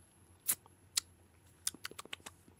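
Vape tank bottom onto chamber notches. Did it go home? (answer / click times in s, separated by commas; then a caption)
yes / 1.0 s, 1.7 s. The notched bottom of an Aromamizer Supreme V2 vape tank, wet with spilled juice, is placed onto the chamber and turned. A soft knock at 0.5 s leads into sharp clicks at 1.0 s and 1.7 s as the notches click into place, followed by a quick run of lighter ticks. The tank bottom is seated.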